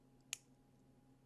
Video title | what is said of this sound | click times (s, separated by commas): Barrel & Blade KOTM Club. Is The Value There? | if you heard that little click right there. | 0.3 s